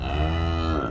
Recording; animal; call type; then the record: contact call of a hoofed animal; cattle; low-frequency (closed-mouth) or high-frequency (open-mouth) call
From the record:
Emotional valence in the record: negative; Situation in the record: full separation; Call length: 0.90 s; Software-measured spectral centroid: 1550 Hz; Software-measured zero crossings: 1080 a second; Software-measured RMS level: -24 dBFS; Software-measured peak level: -12 dBFS